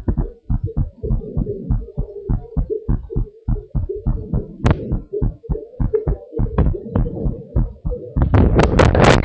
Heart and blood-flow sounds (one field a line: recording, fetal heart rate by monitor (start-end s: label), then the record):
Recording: heart sounds of a pregnant woman by stethoscope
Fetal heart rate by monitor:
no fetal heartbeat
From the record:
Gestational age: 37 weeks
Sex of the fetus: girl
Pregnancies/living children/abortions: 1/0/0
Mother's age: 42 years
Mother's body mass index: 28.9